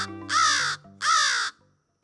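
Crow cawing: two harsh, hoarse caws, each about half a second long, following the tail end of an earlier call.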